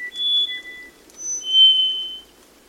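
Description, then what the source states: Black-faced Solitaire song: clear, drawn-out whistles on steady pitches, in two groups separated by a short pause. Eerie, gorgeous song; moves while singing to protect itself from predators such as raptors, making it hard to locate; dense understory of wet mountain forests, Costa Rica.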